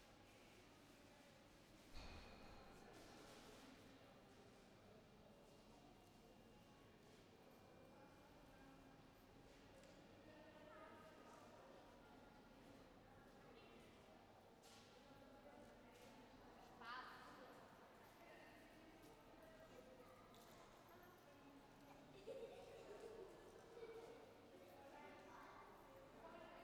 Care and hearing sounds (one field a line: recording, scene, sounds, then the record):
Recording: everyday scene through a hearing-aid microphone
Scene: reverberant space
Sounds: background noise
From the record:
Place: railway station hall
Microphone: behind the ear, right, front